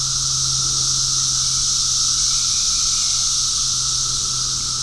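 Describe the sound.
Cicadas producing a constant high sizzling buzz without pause, a low steady hum beneath it.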